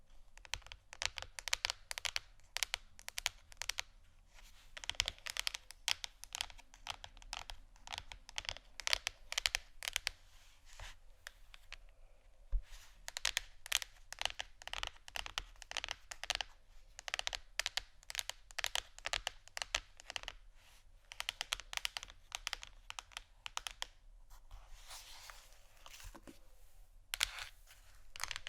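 Scratching and tapping on canisters: quick, dense bursts of bright clicking taps, fast and irregular like rapid typing. Brief pauses break the flurries around 12 and 20 seconds, and near the end a steadier, hissing scratch takes over before the taps return.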